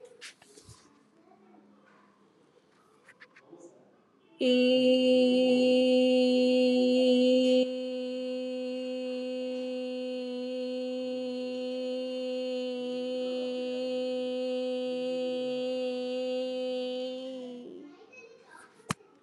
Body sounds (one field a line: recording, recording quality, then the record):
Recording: sustained vowel as in made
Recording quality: excellent, no background noise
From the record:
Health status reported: exposed to COVID-19, no respiratory illness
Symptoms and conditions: none ticked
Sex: female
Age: 38 years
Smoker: not ticked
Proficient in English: yes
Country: India